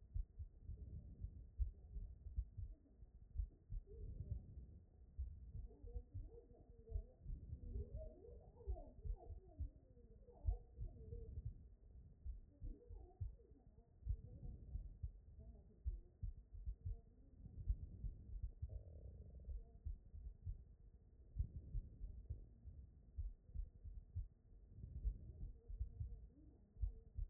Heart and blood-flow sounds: heart sounds by stethoscope; aortic valve (AV)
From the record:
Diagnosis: non-HFrEF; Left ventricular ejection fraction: 45%

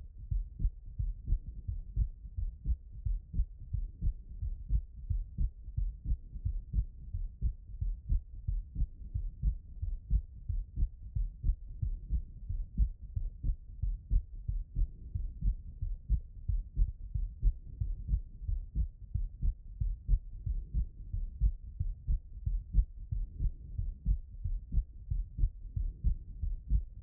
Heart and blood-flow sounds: heart sounds by stethoscope; tricuspid valve (TV)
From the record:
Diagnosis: HFrEF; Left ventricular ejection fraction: 25%

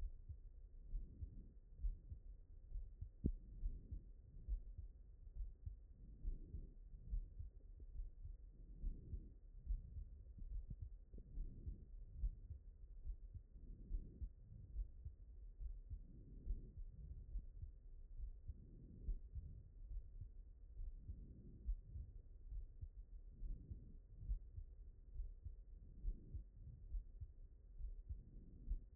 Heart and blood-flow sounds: heart sounds by stethoscope; mitral valve (MV)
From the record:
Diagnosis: non-HFrEF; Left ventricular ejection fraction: 42%

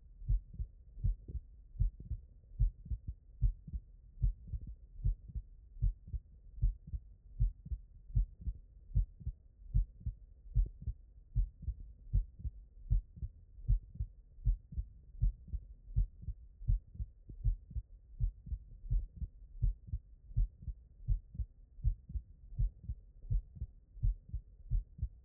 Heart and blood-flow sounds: heart sounds by stethoscope; tricuspid valve (TV)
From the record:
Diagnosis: non-HFrEF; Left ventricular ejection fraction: 69%

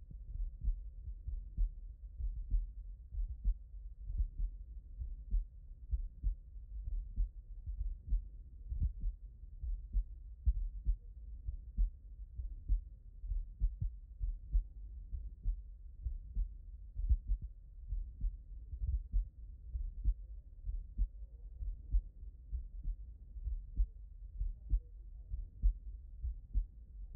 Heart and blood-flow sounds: heart sounds by stethoscope; tricuspid valve (TV)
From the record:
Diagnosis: non-HFrEF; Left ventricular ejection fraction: 64%

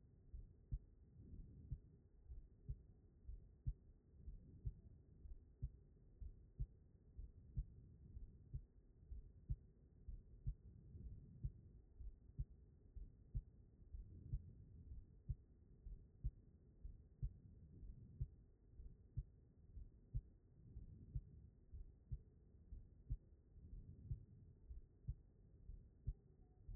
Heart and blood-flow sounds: heart sounds by stethoscope; pulmonary valve (PV)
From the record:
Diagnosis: non-HFrEF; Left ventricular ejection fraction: 68%

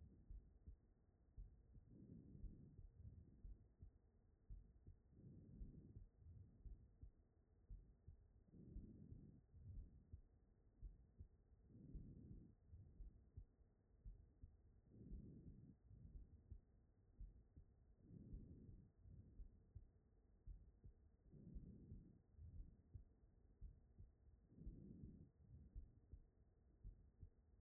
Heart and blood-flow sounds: heart sounds by stethoscope; aortic valve (AV)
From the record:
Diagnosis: non-HFrEF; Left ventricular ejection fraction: 65%

